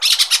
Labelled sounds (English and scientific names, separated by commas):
Brown-throated Parakeet (Eupsittula pertinax) contact call